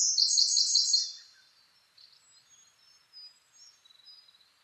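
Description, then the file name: Siberian blue robin song: opens with a loud, fast, rattling trill that fades, then quiet, thin, high notes follow. Recorded 2 June 2010 at 08:36. "koruri-20100602-0836"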